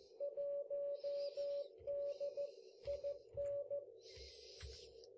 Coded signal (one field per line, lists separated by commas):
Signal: Morse code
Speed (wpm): 14 wpm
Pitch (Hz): 570 Hz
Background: music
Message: 1D IN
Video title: Easy Ways To Learn CW | Ham Radio Morse Code For All